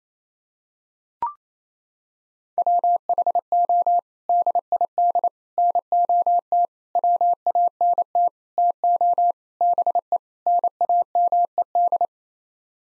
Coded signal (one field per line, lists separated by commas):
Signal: Morse code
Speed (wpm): 28 wpm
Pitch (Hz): 700 Hz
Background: none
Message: WHO DID NOT WANT TO BE NAMED